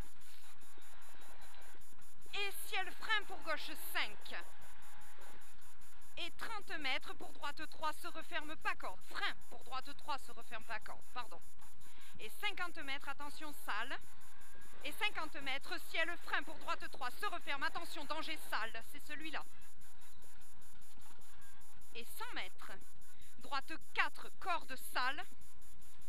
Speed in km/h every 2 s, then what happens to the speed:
112, 125, 115, 104, 90, 67, 74, 87, 99, 84, 52, 42, 42.
0-3 speeds up to 125. 3-10 brakes to 67. 10-16 speeds up to 99. 16-24 brakes to 42.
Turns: 21-26.